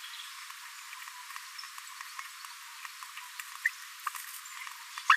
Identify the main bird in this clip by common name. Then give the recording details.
Green-rumped Parrotlet. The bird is a male. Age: 22 days. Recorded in a nest box in Venezuela. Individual 17B42A3